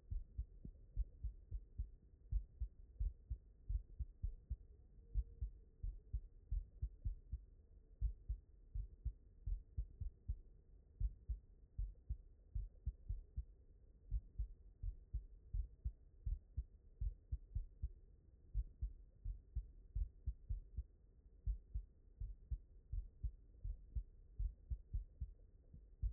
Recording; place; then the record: heart sounds by stethoscope; mitral valve (MV)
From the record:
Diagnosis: non-HFrEF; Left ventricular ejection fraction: 61%